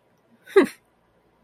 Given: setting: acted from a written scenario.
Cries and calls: vocal sound without words; contempt

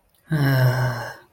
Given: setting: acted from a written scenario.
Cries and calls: vocal sound without words; romantic love

